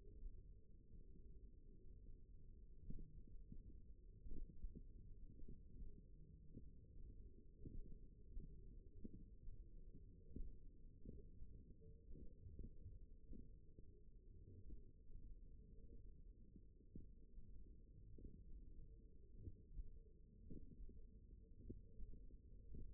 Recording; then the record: forearm muscle sounds (acoustic myography)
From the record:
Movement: tripod grip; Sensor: system 1, eight BSWA MPA416 microphones around the upper forearm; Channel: 4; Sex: female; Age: 21 years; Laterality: right